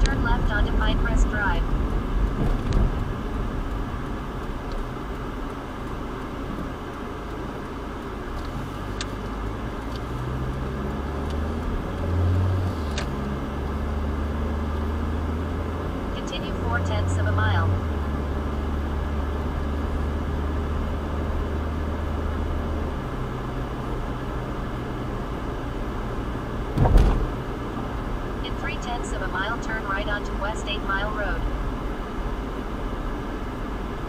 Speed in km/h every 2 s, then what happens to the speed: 37, 18, 0, 0, 0, 19, 29, 39, 47, 53, 56, 60, 63, 64, 63, 61, 60.
0-4 brakes to 0. 4-8 standing. 8-26 pulls away to 64.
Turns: 7-14.